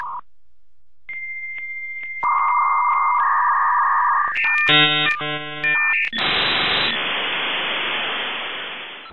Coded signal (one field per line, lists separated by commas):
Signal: dial-up modem handshake